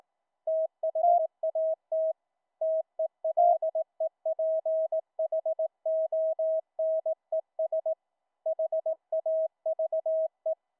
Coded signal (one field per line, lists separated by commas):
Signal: Morse code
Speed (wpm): 18 wpm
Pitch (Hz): 640 Hz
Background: none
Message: THAT TELEPHONES HAVE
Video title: Raspberry Pi, Ultra PicoKeyer, HiPerMite CW filter - sidetone for QSO'n on Mumble VOIP- LIVE DEMO